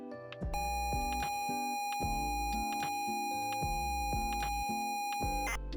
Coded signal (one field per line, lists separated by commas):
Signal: ZX Spectrum tape loading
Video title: ZX Spectrum Memories — 5 Games That Took Over Our Childhood!